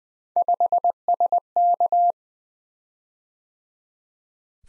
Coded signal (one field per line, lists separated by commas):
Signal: Morse code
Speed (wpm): 20 wpm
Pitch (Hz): 700 Hz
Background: none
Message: 5SK